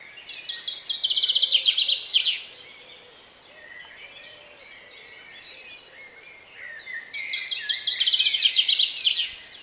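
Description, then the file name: Common chaffinch song at start and end, each about two seconds of quick repeated notes tumbling downward and finishing with an accented flourish, faint other birdsong between. "Fringilla coelebs"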